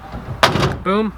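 One half of a pickup truck's split, multi-function barn-door tailgate is swung shut into its latch and closes with a single loud slam at 0.4 s. Someone talks before and after the slam, and the tailgate half ends up latched shut.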